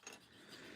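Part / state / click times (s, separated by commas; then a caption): plastic building-set part into a model assembly / seated / 0.1 s. A plastic building-set part is pushed into place in a model assembly, giving the loud click the instructions call for at 0.07 s. Soft plastic rubbing and scraping follow. The part is seated.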